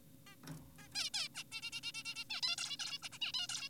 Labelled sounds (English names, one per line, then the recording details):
Zebra Finch
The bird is an adult
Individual g4p5U